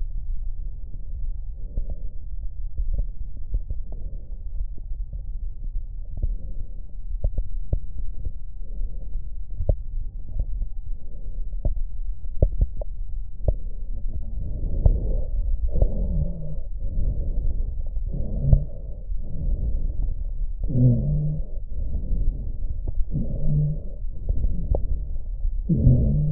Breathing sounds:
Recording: lung sounds by stethoscope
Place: right posterior apical chest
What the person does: quiet breathing, then deep breathing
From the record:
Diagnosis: interstitial lung disease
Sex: female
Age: 72 years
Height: 153 cm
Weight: 71 kg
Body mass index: 30.3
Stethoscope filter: extended mode

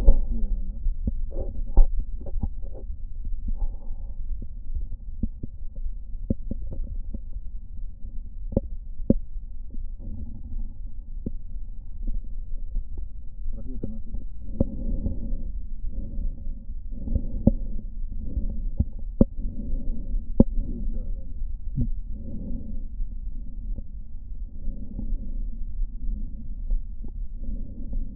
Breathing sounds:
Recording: lung sounds by stethoscope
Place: right posterior apical chest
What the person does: quiet breathing, then deep breathing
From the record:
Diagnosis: none (healthy)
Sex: male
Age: 29 years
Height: 180 cm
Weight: 100 kg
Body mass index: 30.9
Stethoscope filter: diaphragm mode

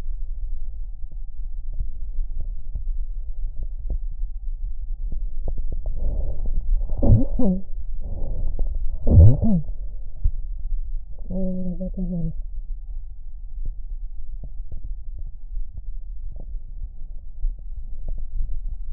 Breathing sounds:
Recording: lung sounds by stethoscope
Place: left anterior apical chest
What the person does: quiet breathing, then cough and speech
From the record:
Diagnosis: interstitial lung disease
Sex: female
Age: 65 years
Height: 156 cm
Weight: 66.8 kg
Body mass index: 27.4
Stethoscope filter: extended mode

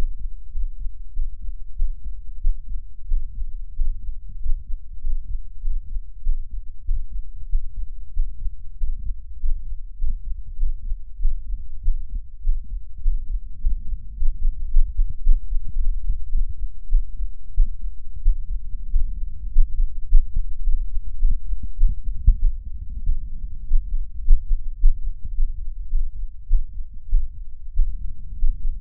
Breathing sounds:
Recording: lung sounds by stethoscope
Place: left anterior apical chest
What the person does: quiet breathing, then deep breathing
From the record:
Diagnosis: none (healthy)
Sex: male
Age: 30 years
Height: 190 cm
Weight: 88 kg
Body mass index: 24.4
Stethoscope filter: bell mode

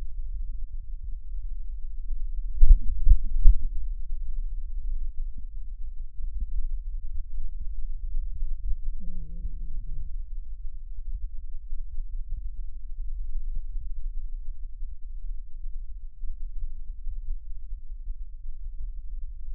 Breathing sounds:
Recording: lung sounds by stethoscope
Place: left anterior apical chest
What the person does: quiet breathing, then cough and speech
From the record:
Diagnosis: COPD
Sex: male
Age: 65 years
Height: 162 cm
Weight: 67.8 kg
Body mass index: 25.8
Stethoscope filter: bell mode

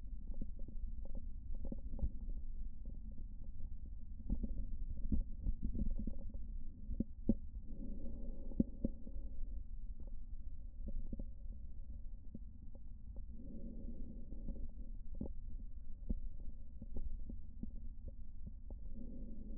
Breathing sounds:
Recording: lung sounds by stethoscope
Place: left posterior basal chest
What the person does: quiet breathing, then deep breathing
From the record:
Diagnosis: interstitial lung disease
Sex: female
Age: 53 years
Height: 168 cm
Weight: 108 kg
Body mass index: 38.3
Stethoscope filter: diaphragm mode

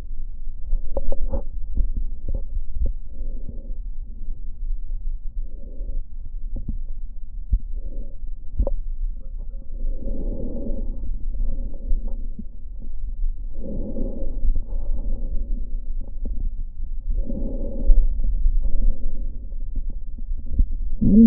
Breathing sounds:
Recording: lung sounds by stethoscope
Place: left posterior basal chest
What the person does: quiet breathing, then deep breathing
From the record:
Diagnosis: COPD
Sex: female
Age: 68 years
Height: 150 cm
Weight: 70 kg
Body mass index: 31.1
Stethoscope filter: diaphragm mode

